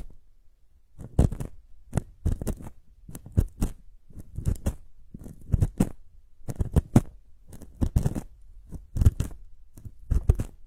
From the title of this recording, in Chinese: 掏耳朵